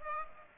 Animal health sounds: mosquito wingbeat signal from an infrared sensor; Aedes aegypti

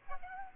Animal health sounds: mosquito wingbeat signal from an infrared sensor; Aedes aegypti

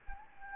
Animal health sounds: mosquito wingbeat signal from an infrared sensor; Anopheles gambiae

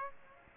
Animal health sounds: mosquito wingbeat signal from an infrared sensor; Aedes aegypti

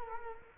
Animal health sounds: mosquito wingbeat signal from an infrared sensor; Culex quinquefasciatus

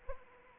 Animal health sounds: mosquito wingbeat signal from an infrared sensor; Anopheles arabiensis

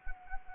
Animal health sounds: mosquito wingbeat signal from an infrared sensor; Anopheles arabiensis

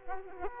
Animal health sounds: mosquito wingbeat signal from an infrared sensor; Aedes aegypti

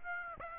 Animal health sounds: mosquito wingbeat signal from an infrared sensor; Aedes aegypti

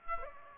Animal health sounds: mosquito wingbeat signal from an infrared sensor; Aedes aegypti

